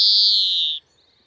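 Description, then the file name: European greenfinch call: a single drawn-out, wheezy note held high and sliding slightly lower before stopping abruptly, followed by near silence. "Chloris chloris"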